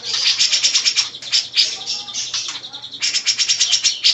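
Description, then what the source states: Grey-cheeked bulbul song: a continuous, dense chatter of rapid harsh notes with a brief softer stretch in the middle, over a faint low hum. Long-duration master song used for training songbirds.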